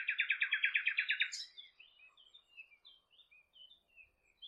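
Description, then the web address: Bird song opening with a fast, evenly repeated trill of about a dozen notes, followed by a scattered run of thin, high whistled chirps. "cianscape birddata Deverinetal 2025 File origin Bird Only Lu Me"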